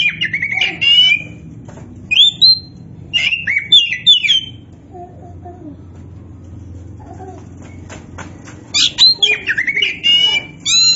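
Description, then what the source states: Oriental magpie-robin song: energetic phrases of rich whistles and rasping notes, a quieter stretch mid-way, then a rapid chattering run resumes. Kacer poci variety; gacor, an Indonesian term for a bird singing actively and continuously.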